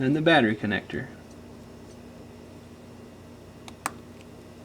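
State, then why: Seated. Someone talks briefly, then, inside a Nexus 5 phone, the battery flex connector is pressed onto its socket on the mainboard. After a quiet pause there is a faint tick at 3.7 s, then a sharp, short click at 3.9 s as the connector snaps into place, followed by a softer tick at 4.2 s. The battery connector is seated.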